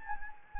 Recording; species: mosquito wingbeat signal from an infrared sensor; Anopheles gambiae